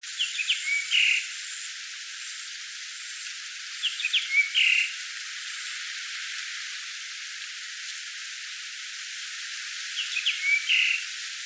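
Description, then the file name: Japanese grosbeak with three brief bursts of whistled notes, spaced a few seconds apart, over a steady high hiss. "ikaru"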